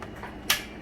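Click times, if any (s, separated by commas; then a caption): 0.5 s. A Wheeler Fat Wrench preset torque wrench, set to 25 inch-pounds, tightens a scope base screw into a rifle action as part of a tightening sequence. After a faint tick at the start, a sharp, bright click sounds at 0.5 s, showing the wrench has reached its torque setting.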